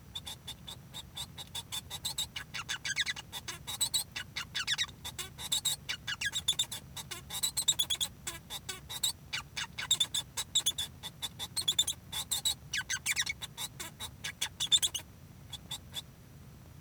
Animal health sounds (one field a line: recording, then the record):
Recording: song of a male Bengalese finch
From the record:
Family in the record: son of father 1